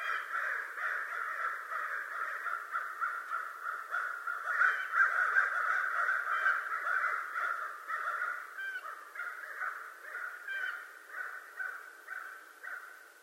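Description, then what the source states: American crow caws, many harsh overlapping calls forming a steady rough chorus that swells in the middle and eases toward the end. Recorded 25 November 2011.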